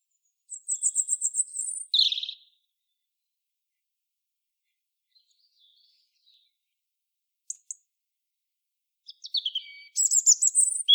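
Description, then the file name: European robin song: a high, thin phrase of rapid trills and a sliding note, a long silence with faint tinkling notes, then another high twittering phrase near the end. "Erithacus rubecula"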